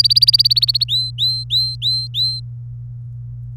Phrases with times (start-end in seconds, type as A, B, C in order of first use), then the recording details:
0.00-0.84 A, 0.88-2.40 B. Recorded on 24 April 2018 at 16:37. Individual llb3